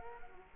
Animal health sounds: mosquito wingbeat signal from an infrared sensor; Culex quinquefasciatus

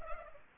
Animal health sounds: mosquito wingbeat signal from an infrared sensor; Culex pipiens

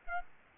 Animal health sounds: mosquito wingbeat signal from an infrared sensor; Aedes aegypti

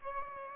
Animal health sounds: mosquito wingbeat signal from an infrared sensor; Aedes aegypti

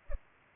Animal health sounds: mosquito wingbeat signal from an infrared sensor; Culex pipiens

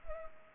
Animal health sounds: mosquito wingbeat signal from an infrared sensor; Culex pipiens

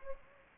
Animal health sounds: mosquito wingbeat signal from an infrared sensor; Anopheles gambiae

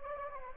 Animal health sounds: mosquito wingbeat signal from an infrared sensor; Anopheles gambiae

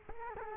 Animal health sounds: mosquito wingbeat signal from an infrared sensor; Culex quinquefasciatus

